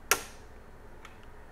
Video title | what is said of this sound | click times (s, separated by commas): Threadripper 2990WX - 2950X & Wraith Ripper DIY Install | just going to push down and you'll feel it click into place | 0.1 s